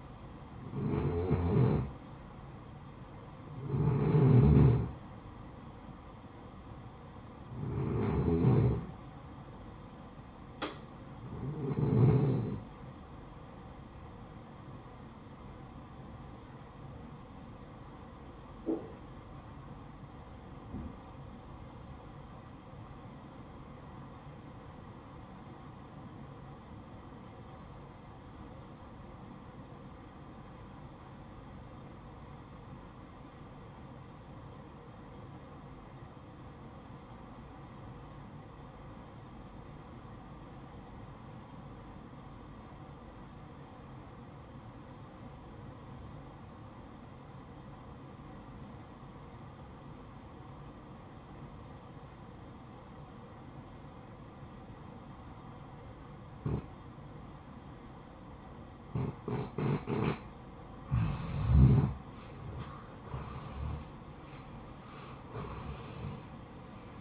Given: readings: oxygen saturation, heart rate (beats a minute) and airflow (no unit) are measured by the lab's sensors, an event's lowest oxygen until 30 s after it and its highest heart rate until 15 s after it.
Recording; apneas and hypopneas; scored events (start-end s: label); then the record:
breathing in sleep by a smartphone at the bedside; 1
19.00-61.50 s: obstructive apnea (REM, oxygen 94% highest, then 76% lowest, heart rate 66 at the start, 78 highest)
From the record:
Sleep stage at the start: REM sleep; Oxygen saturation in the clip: 80 to 94%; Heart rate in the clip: 55 to 77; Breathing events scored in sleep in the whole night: 573 in 9.8 hours asleep